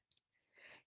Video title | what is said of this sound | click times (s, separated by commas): YOU'VE LOST WEIGHT?! What to say... Mounjaro Week 102 Holiday Guide | twisting it now to unlock. | 0.1 s